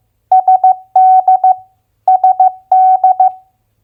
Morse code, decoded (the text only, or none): SD SD